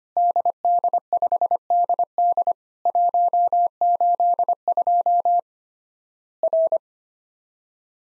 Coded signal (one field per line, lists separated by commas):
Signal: Morse code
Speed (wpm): 25 wpm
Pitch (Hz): 700 Hz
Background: none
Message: DD5DD 182 R